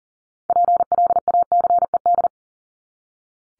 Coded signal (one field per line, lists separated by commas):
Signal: Morse code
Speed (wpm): 40 wpm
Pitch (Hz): 700 Hz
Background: none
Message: PLACED